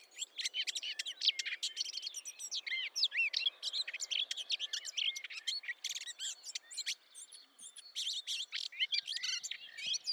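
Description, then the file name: Eurasian blackcap warbling quickly with chirps and whistled slurs over a steady low background hiss. "Sylvia atricapilla"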